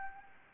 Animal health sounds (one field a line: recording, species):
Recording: mosquito wingbeat signal from an infrared sensor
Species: Anopheles gambiae